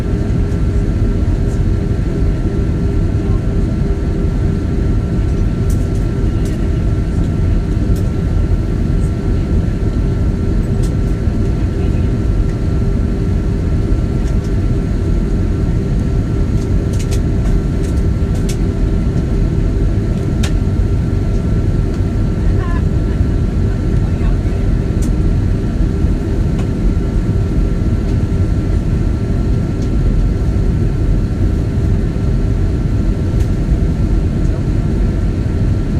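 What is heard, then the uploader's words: Cabin sound from an airliner during landing: a dense, steady low roar fills the whole stretch with no letup. A faint tone hums underneath, and brief sharp clicks and rattles break through now and then, most around seventeen to twenty seconds. Landing at JFK.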